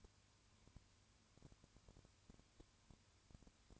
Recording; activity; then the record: daily activity, microphone in the room; no activity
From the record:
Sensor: 2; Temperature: 20.3 degrees Celsius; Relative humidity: 35.6%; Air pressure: 1001.0 hPa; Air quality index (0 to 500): 196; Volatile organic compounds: 5 ppm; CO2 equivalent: 1733 ppm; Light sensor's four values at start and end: 2/3/2/2 and 2/3/2/2